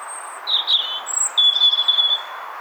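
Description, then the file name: European robin song: a warbled high phrase, then a long thin steady whistle with a quick flutter through it. "Erithacus rubecula"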